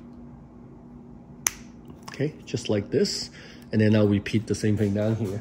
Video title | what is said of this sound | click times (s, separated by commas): Connecting Di2 cables to new style DN300 battery in seatpost on Cervelo P-series | and then I'm just going to push this into one end of the adapter until you hear a click. | 1.5 s